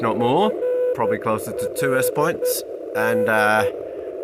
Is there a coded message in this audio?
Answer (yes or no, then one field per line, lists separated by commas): yes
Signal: Morse code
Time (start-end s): 0.2-3.7 s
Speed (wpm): 11 wpm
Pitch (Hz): 500 Hz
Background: speech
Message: FLD